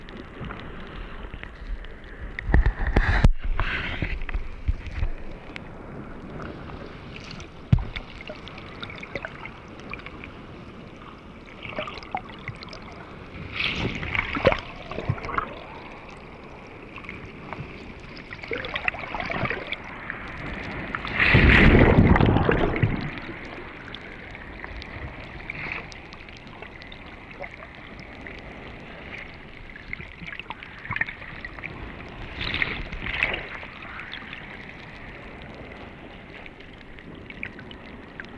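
An underwater scene: a steady, muffled wash of water fills the recording, with a thin, faint ringing tone running through it. Scattered knocks and bubbling surges break in, at about 3, 14 and 33 seconds, and the loudest, fullest rush comes near 22 seconds.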